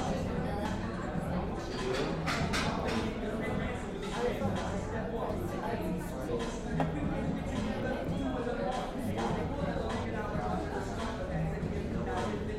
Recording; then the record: background sound without coughing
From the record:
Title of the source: 60 minutes of coffee shop sounds for study and concentration